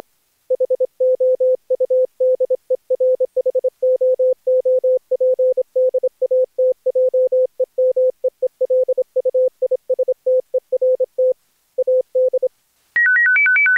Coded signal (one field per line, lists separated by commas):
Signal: Morse code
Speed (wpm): 26 wpm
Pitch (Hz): 510 Hz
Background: none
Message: HOU DER HOOP DAT JE MEE LUISTERT AD